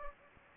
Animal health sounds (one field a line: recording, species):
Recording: mosquito wingbeat signal from an infrared sensor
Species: Anopheles gambiae